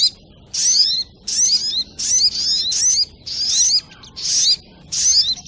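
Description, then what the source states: Little spiderhunter song: bright, sharp phrases of twittering and down-slurred squeaks, delivered in bursts with clear gaps between them. Masteran (Indonesian songbird training recording), labelled with the variant name Labaik.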